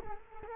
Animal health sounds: mosquito wingbeat signal from an infrared sensor; Culex quinquefasciatus

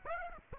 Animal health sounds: mosquito wingbeat signal from an infrared sensor; Aedes aegypti

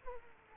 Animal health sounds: mosquito wingbeat signal from an infrared sensor; Aedes aegypti

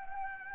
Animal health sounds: mosquito wingbeat signal from an infrared sensor; Anopheles gambiae

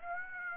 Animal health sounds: mosquito wingbeat signal from an infrared sensor; Aedes aegypti

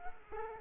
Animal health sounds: mosquito wingbeat signal from an infrared sensor; Culex quinquefasciatus

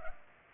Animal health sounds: mosquito wingbeat signal from an infrared sensor; Culex pipiens

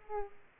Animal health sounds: mosquito wingbeat signal from an infrared sensor; Aedes aegypti

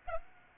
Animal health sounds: mosquito wingbeat signal from an infrared sensor; Aedes aegypti

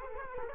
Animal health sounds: mosquito wingbeat signal from an infrared sensor; Culex quinquefasciatus

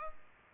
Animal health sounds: mosquito wingbeat signal from an infrared sensor; Culex pipiens

